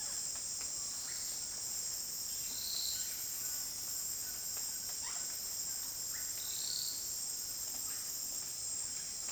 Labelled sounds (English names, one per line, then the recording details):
none
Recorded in dense forest near Puerto Asís, Putumayo, Colombia, on 29 June 2025 at 17:30
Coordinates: 0.484, -76.325
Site H65